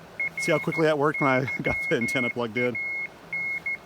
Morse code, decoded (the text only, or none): RYAN